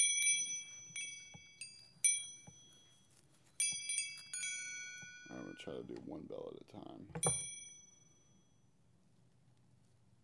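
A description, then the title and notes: Wind chimes ring out in bright, clear strikes, clustering near the start and around four seconds, each tone hanging and fading slowly. Around five to seven seconds a softer, lower rustling sound swells briefly, and a final chime near seven seconds decays into near silence. Zen Garden Serenity: Wind Chimes and Nature Sounds.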